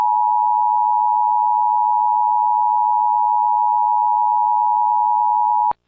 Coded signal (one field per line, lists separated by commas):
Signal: Emergency Alert System (SAME) tones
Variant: 853 and 960 Hz attention tone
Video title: EAS NWR Required Weekly Test (5/27/26)